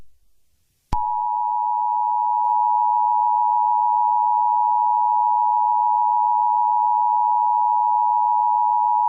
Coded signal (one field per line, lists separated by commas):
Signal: Emergency Alert System (SAME) tones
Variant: 853 and 960 Hz attention tone